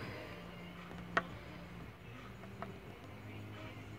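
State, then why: Released. Two white plastic locking clips on the PCV/vacuum hose quick-connect fitting on a Mustang engine are pushed down, and each snaps open with a sharp click at 1.2 s and 2.6 s over a low steady hum. The clips open and release the collar so the line can be pulled off.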